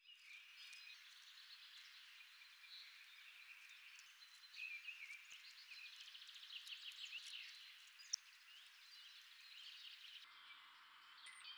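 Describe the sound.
Bird chirps: a dense, overlapping chorus of high twittering notes and short buzzy phrases, faint throughout, with steady background hiss.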